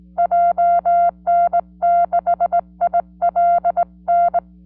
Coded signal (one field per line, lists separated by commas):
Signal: Morse code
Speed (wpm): 18 wpm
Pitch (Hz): 690 Hz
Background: none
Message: JN6ILN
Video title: CW QSO Using GHD Straight key GT705A, 40m band with JN6ILN 수동전건 전신교신